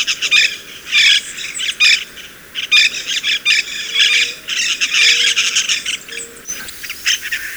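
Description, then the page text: White-winged parakeet shrieks: a rapid, irregular stream of harsh, high squawks in short clusters. Shrieks, slightly higher-pitched than those of the Monk Parakeet. "White-winged Parakeet. Audio (M. Oberle)"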